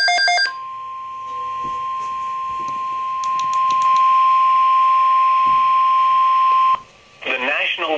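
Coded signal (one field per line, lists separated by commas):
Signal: Emergency Alert System (SAME) tones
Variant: 1050 Hz attention tone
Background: speech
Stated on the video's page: Tornado watch and severe thunderstorm warning alerts, including a tornado watch relay on a NOAA weather radio station where the SAME bursts were barely missed.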